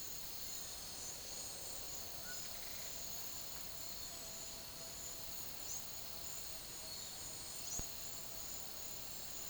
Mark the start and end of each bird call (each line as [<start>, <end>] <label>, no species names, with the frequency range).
[2.21, 2.38] bird call (0.9-1.5 kHz)
[5.71, 5.98] bird call (5.1-8.0 kHz)
[7.57, 7.91] bird call (4.6-8.0 kHz)